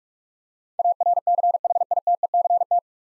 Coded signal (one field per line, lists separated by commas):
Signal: Morse code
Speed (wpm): 45 wpm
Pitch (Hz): 700 Hz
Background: none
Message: ARCHITECT